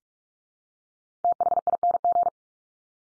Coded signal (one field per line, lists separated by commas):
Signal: Morse code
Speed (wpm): 44 wpm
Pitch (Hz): 700 Hz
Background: none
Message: THING